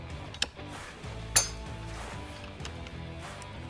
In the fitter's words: once you do that it is fully locked into place